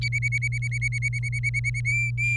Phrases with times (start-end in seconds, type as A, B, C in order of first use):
0.01-1.81 A, 1.85-2.36 B